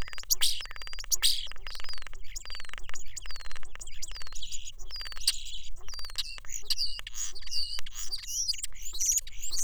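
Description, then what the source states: European Starling pouring out high whistles, wheezy slurs, squeaks and rapid clicking rattles in a busy, varied stream with little pause. Song provided by Justin Kiggins, a neuroscientist who studies auditory perception and the brains of communicating birds.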